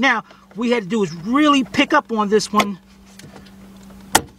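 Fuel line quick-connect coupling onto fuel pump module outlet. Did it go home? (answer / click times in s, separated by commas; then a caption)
yes / 4.2 s. Someone talks while fitting the small fuel line quick-connect coupling onto the fuel pump module outlet of a 2001 Lincoln LS 3.0 during a fuel pump replacement, setting it on and pushing it down. After a quieter stretch with faint handling ticks, a loud, sharp click at 4.2 s marks the connector locking on, and it is tugged to check that it is seated.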